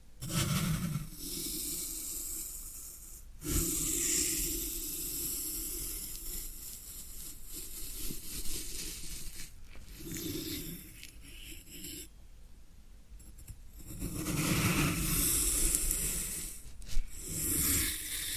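Floral foam being handled, with dense crackly scraping and crunching that fills the clip almost without pause. Low rubbing swells come and go, stronger near the start, around 3.5 seconds, 10 seconds and 15 seconds, with a brief quieter gap near 12 seconds.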